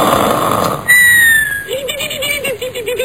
Snore.